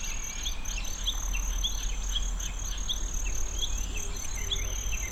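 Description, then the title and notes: Kinhibari cricket sustaining a thin high trill, partly dashed above, as birds give repeated short chirps and a low rumble runs underneath. Tsuruoka City; many other birds also audible; recorded with ZOOM F6 and Sennheiser MKH802. "鶴岡市のキンヒバリの声"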